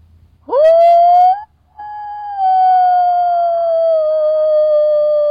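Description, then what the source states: Wolf howl: a short note sweeping upward and holding, then after a brief pause a long, slowly falling sustained tone. Angry call.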